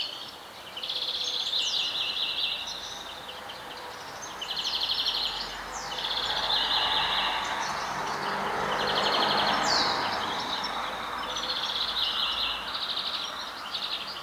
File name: Chloris chloris